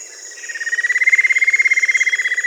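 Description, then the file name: Bird call, a fast rattling trill that builds in loudness and continues to the end, backed by a continuous high drone. "SABIOD 50 bird 2015"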